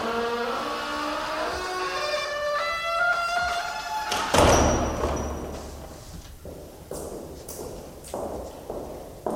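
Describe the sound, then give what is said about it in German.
A castle door swings with a long, drawn-out tonal creak, then slams shut with one heavy, booming thud, followed by a few lighter knocks and rattles as it settles. “Warte, ich hab die Tür nicht zugemacht, als wir ins Schloss kamen.”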